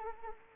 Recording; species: mosquito wingbeat signal from an infrared sensor; Anopheles arabiensis